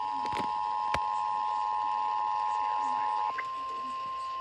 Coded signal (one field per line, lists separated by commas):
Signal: Emergency Alert System (SAME) tones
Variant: 853 and 960 Hz attention tone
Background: speech